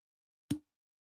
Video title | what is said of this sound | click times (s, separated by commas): LIVE DUA FRANGRANCE HAUL. MY 1ST IMPRESSIONS ON THE NEWEST DUAS LIVE | That snap, I'm good. | 0.5 s